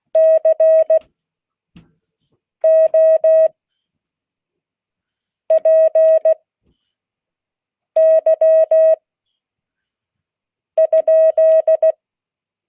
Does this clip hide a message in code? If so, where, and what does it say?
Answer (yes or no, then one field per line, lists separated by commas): yes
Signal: Morse code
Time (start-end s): 0.1-11.9 s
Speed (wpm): 16 wpm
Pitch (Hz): 640 Hz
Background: none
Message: COPY?